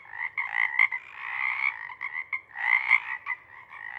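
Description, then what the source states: Pacific chorus frog chorus, dense overlapping raspy croaks swelling and fading in loudness. Pacific chorus frog (Pseudacris regilla) chorus at a pond in the pre-morning twilight as the late night wanes; the chorus waxes and wanes.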